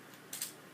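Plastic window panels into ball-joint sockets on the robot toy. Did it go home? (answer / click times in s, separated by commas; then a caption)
yes / 0.3 s, 0.4 s. Plastic window panels on a Generations Blurr transforming robot toy are pushed into their ball-joint sockets. Two quick clicks sound at 0.3 s and 0.4 s, and the windows are seated in place.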